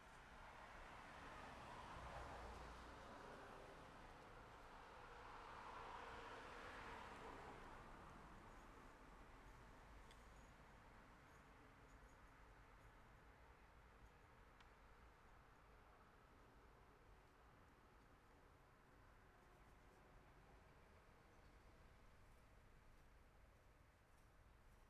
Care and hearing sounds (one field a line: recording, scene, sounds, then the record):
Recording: everyday scene through a hearing-aid microphone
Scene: in traffic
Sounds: traffic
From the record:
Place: city secondary road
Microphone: behind the ear, left, rear